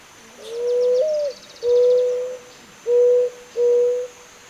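Zenaida dove cooing loudly: four hollow, low notes, the first lilting upward, the next three level and spaced under a second apart, with faint high chirps behind.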